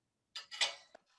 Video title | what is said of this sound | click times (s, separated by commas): S2 E03 - Triton Superjaws XXL Review | and then the actual vice operating thing you just pull up and you'll hear it click | 1.0 s